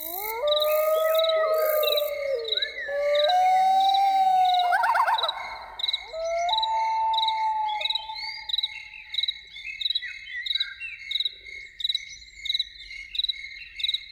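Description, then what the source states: Loon calling repeatedly: sustained wailing notes that dip and rise, a quick quavering tremolo midway, then a final long wail, with insects pulsing steadily behind. Loons in the evening.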